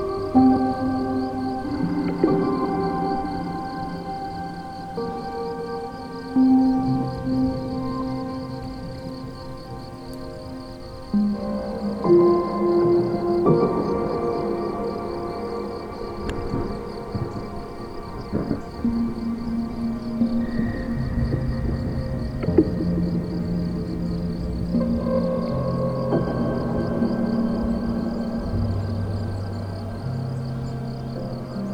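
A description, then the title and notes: Dark ambient drones of low, sustained tones shift pitch every few seconds over a steady, thin hiss, with occasional soft rumbles underneath. DARK AMBIENT NIGHT DISTANT RAIN THUNDER.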